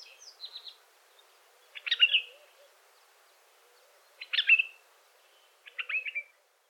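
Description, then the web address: African red-eyed bulbul phrases, short bubbly chattering bursts after some softer opening notes, three main phrases spaced about two seconds apart, otherwise quiet. "African red eyed bulbul. بلبل-چشم-سرخ"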